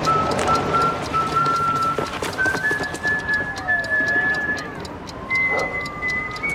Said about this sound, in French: Alors, quel personnage célèbre de la série arrive en sifflant? Le cow-boy Omar Little. Eh oui, c'est une bonne réponse.